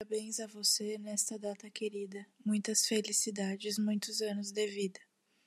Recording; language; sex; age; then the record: short text; Brazilian Portuguese; female; 20 to 29 years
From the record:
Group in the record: control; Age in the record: 25 years